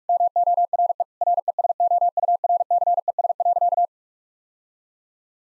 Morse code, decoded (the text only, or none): MORE RESOURCES.